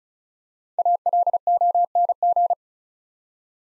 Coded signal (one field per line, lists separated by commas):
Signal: Morse code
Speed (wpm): 36 wpm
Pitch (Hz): 700 Hz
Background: none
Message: ALONG